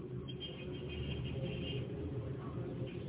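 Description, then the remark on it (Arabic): A steady, low rumble of passing car traffic runs through the whole stretch, with a faint hiss on top and no voices. “انا سامع اصوات عربيات لكن انا لا، العربيات دي عندي انا”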